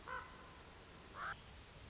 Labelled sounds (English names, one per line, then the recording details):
Common Raven
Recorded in Sonoma County, California